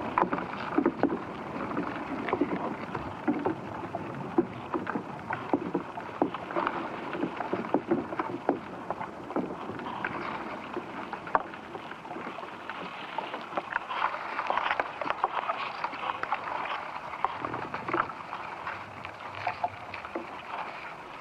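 Sounds from inside ash trees: a dense, unbroken bed of crackling ticks and woody knocks, mostly mid-pitched. Sharper clicks pop up irregularly throughout, with a creaking texture that holds steady, grows busier and brighter around the middle, then thins slightly toward the end.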